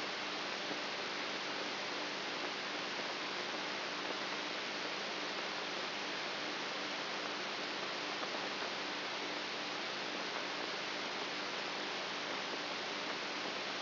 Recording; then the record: brain microelectrode recording played as sound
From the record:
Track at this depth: outside the subthalamic nucleus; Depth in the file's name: 8.1 mm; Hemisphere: right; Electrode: 3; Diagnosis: Parkinson's disease